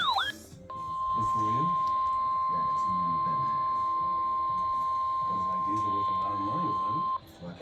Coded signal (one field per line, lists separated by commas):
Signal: Emergency Alert System (SAME) tones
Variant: 1050 Hz attention tone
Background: speech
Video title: PURE MAYHEM 9... | EAS Alerts from 6/30-7/1/25 | EAS#2,227-2,335